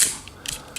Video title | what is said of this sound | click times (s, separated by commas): Zblex French Reviews : Commemorative Astrotrain | Vous voyez, avec un petit clic et on rabat cette partie là en dessous | 0.5 s